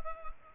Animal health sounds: mosquito wingbeat signal from an infrared sensor; Culex quinquefasciatus

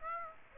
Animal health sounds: mosquito wingbeat signal from an infrared sensor; Aedes aegypti

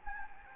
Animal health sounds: mosquito wingbeat signal from an infrared sensor; Anopheles gambiae

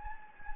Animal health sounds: mosquito wingbeat signal from an infrared sensor; Anopheles gambiae

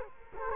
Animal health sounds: mosquito wingbeat signal from an infrared sensor; Culex quinquefasciatus

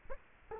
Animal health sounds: mosquito wingbeat signal from an infrared sensor; Culex quinquefasciatus

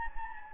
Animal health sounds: mosquito wingbeat signal from an infrared sensor; Anopheles gambiae

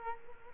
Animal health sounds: mosquito wingbeat signal from an infrared sensor; Culex quinquefasciatus

